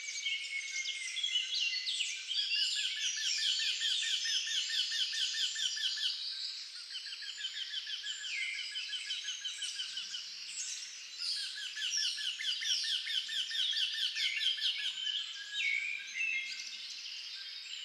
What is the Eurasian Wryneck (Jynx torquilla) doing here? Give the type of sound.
song